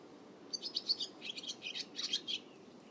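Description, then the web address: Bird chirping: a quick series of bright, high notes in a few close groups, rapid and slightly varied in pitch, over faint background noise. "Bird Only"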